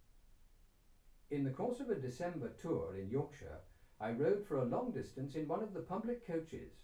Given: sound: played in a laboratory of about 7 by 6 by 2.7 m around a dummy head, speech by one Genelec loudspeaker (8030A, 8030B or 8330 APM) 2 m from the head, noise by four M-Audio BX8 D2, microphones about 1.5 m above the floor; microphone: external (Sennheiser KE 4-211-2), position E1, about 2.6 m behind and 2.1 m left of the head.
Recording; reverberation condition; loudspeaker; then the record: male speech in English; low; 90 degrees to the left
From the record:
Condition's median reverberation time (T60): about 310 ms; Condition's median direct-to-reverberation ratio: about 3.5 dB